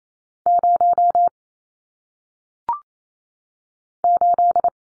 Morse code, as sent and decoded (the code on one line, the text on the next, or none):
----- / ---..
0 8